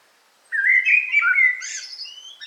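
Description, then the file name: Eurasian blackbird giving a smooth, melodious warble that rises into a scratchy high twitter, with a brief whistled note closing the phrase. Recorded in a forest on 8 July 2018. "180708 blackbird forest"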